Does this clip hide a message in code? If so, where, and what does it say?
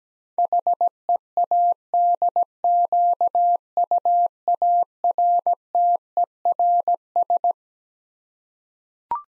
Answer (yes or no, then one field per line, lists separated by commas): yes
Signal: Morse code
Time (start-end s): 0.4-7.5 s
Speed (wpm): 17 wpm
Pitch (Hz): 700 Hz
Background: none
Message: HEADQUARTERS